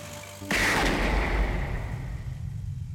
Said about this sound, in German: Er feuert einen Schuss auf den davonfahrenden Wagen ab und bricht zusammen.